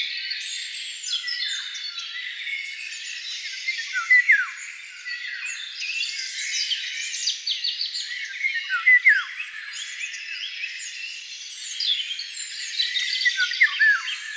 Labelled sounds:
Eurasian Golden Oriole (Oriolus oriolus) song
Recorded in the wild
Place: Waltershofen / Freiburg im Breisgau, Baden-Württemberg, DE
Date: 1996-05-12
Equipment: Dat-Recorder Casio DA 7, Telinga DAT, Telinga-Parabolspiegel
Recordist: Schwarz, Dieter

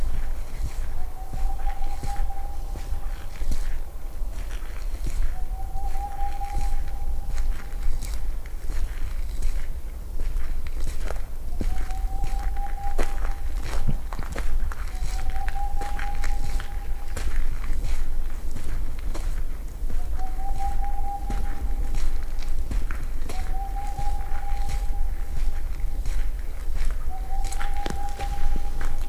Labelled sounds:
Boreal Owl (Aegolius funereus)
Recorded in the wild
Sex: male
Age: adult
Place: Altsorgefeld, NSG Rochauer Heide, Brandenburg, DE
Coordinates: 51.7819, 13.5408
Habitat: wood
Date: 2007-02-19 18:28
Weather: 3-4 °C, windstill
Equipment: Sound Devices 702, Sennheiser MKH 70, Windkorb
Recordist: Frommolt, Karl-Heinz
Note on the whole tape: Rufreihe aus Quartal 37. Am Anfang auch noch kurz ein Erregungsruf. Aufnahme um 20 dB verstärkt. Schrittgeräusche

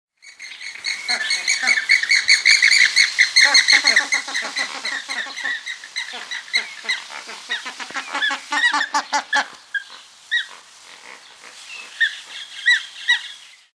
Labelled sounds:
James's Flamingo (Phoenicoparrus jamesi)
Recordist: Tembrock, Günter
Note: Laute im agonistischen Verhalten

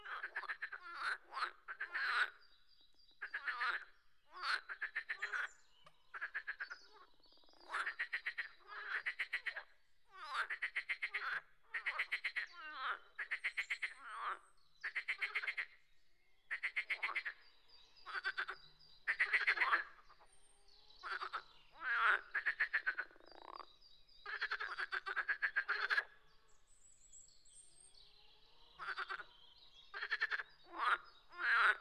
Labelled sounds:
Marsh Frog (Pelophylax ridibundus) call
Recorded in the wild
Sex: group
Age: adult
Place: Teerofenbrücke, Nationalpark Unteres Odertal, Brandenburg, DE
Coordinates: 53.1336, 14.3489
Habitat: Teich
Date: 2001-05-05
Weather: bedeckt, ca. 10°C, leichter Wind
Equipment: Sony TCD-D7, Telinga Pro 5
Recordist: Frommolt, Karl-Heinz

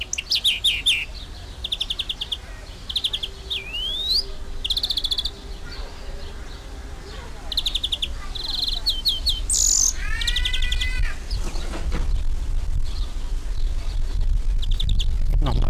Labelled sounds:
European Greenfinch (Chloris chloris)
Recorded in captivity
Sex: male
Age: adult
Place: Zoo Berlin, Berlin, DE
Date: 1999-07-03 13:00
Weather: fair, 25-27°C
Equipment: Sony WM-D6C, Sennheiser ME 80, Kopie Uher 4000 Report Monitor
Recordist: Tembrock, Günter

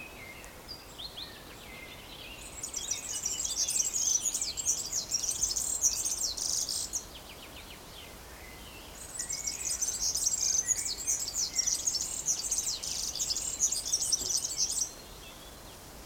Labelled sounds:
European Serin (Serinus serinus)
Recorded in the wild
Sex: male
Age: adult
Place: Summt, Brandenburg, DE
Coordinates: 52.69, 13.374
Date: 1992-06-14 14:22
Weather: sonnig (heiter), 19-22°C
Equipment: Nagra SN, Mikrofon AKG CK 8, Kopie Tesla B 116
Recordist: Tembrock, Günter

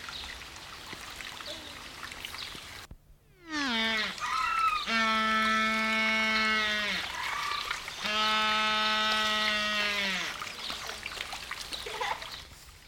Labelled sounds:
Humboldt Penguin (Spheniscus humboldti) call
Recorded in captivity
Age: adult
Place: Zoo Berlin, Berlin, DE
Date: 1994-02-12 12:02
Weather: bedeckt, leichter Schneefall, um 0°C
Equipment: Marantz CP 430, Sennheiser MKH 416 T, Kopie Uher Variocord 263
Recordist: Tembrock, Günter

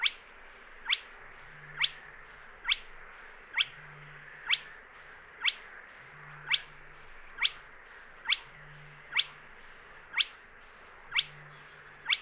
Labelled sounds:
Spotted Crake (Porzana porzana)
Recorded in the wild
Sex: male
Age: adult
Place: Kützerhof, Kummerower See, Mecklenburg-Vorpommern, DE
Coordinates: 53.8503, 12.8789
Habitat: wetland
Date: 2008-06-10
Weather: ca. 15°C, fast windstill
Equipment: Sound Devices 702, Sennheiser MKH 70, Windkorb
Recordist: Frommolt, Karl-Heinz

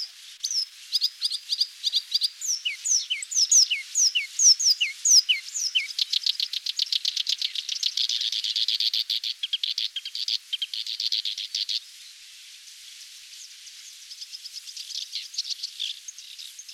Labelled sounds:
Black-browed Reed Warbler (Acrocephalus bistrigiceps) song
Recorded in the wild
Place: Zha Long NSG, CN
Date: 1996-06-06
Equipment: Dat-Recorder Casio DA 7, Telinga DAT, Telinga-Parabolspiegel
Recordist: Schwarz, Dieter
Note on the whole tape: Song

